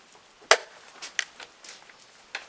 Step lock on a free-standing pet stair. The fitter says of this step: you'll hear it click when it's in place